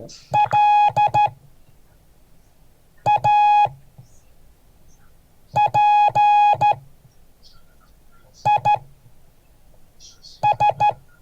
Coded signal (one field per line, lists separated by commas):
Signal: Morse code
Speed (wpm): 13 wpm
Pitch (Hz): 830 Hz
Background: speech, music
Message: LAPIS